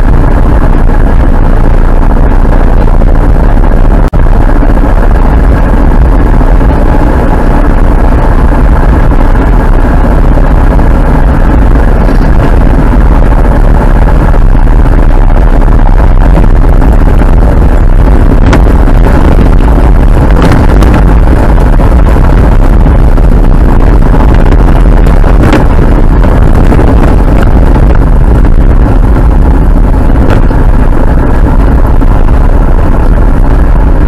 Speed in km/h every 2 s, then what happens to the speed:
73, 71, 74, 75, 75, 76, 79, 81, 81, 85, 86, 83, 78, 73, 70, 67, 63.
3-20 speeds up to 86. 20-34 slows to 63.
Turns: none.